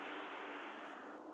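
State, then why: Not seated. A motor/control wire connector on a foldable electric recliner wheelchair with remote is lined up by position with its mating socket, to be pressed together until it locks. A steady, broad rushing noise is heard with no sharp transients. The connector has not seated or clicked yet.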